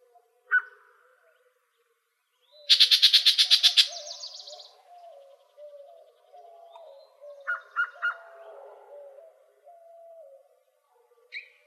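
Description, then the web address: Yellow-breasted Chat song: a single sharp note, then a loud rapid harsh rattle, later a few quick clipped notes, over faint low wavering tones. Arizona Field Ornithologists sound library recording filed under other warblers; apparently recorded 24 April 2004. "Sound Library Other Warblers AZFO YBCH deviche 042404"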